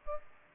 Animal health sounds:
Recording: mosquito wingbeat signal from an infrared sensor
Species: Aedes aegypti

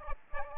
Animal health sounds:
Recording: mosquito wingbeat signal from an infrared sensor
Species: Aedes albopictus

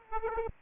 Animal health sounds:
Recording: mosquito wingbeat signal from an infrared sensor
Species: Aedes aegypti

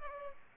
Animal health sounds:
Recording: mosquito wingbeat signal from an infrared sensor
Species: Culex pipiens

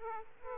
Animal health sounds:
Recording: mosquito wingbeat signal from an infrared sensor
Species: Aedes aegypti

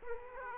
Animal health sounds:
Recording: mosquito wingbeat signal from an infrared sensor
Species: Aedes aegypti

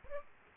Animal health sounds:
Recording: mosquito wingbeat signal from an infrared sensor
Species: Aedes aegypti

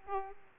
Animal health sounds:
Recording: mosquito wingbeat signal from an infrared sensor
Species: Aedes aegypti

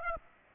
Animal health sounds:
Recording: mosquito wingbeat signal from an infrared sensor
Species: Aedes aegypti

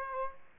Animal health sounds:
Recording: mosquito wingbeat signal from an infrared sensor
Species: Aedes aegypti

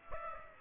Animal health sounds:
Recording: mosquito wingbeat signal from an infrared sensor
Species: Aedes aegypti

